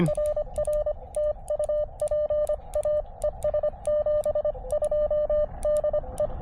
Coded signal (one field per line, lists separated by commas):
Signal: Morse code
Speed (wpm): 25 wpm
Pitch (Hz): 590 Hz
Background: radio noise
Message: RR TU PA E S 72 DE